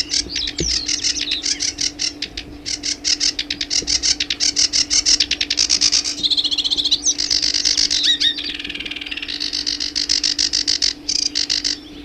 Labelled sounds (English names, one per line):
Sedge Warbler song